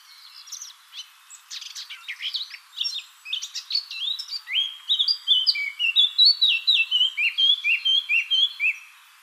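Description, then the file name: Eurasian blackcap song, a scratchy twittering warble that builds into louder, clearer whistled phrases with rapid notes near the end. "Sylvia atricapilla"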